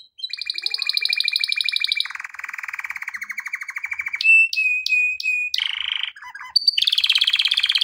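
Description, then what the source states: Canary song with rapid rolling trills shifting between pitches, a burst of sharp high notes, brief warbled phrases, then buzzy trilling again. Song intended for training canaries.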